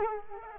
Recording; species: mosquito wingbeat signal from an infrared sensor; Culex quinquefasciatus